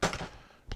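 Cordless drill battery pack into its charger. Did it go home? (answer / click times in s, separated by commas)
no / none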